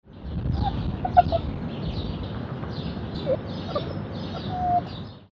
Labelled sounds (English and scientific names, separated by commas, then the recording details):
Red Fox (Vulpes vulpes)
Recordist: Tembrock, Günter
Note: Rhythmische Lautfolge einer Fähe